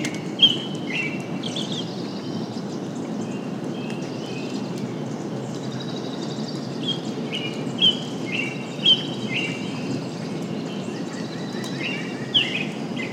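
Songbirds call over a steady, low rumbling wash that continues without a break, with a soft hiss of light rain above it. Short, bright chirps and whistled phrases come every few seconds, with sharper calls near the start and around eight, nine and twelve seconds.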